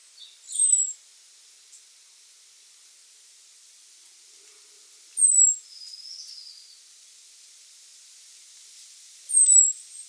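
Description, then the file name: Common blackbird high, thin seee calls: three sharp descending whistles spaced several seconds apart, with softer lower chirps and a faint sliding note between them. "Turdus merula"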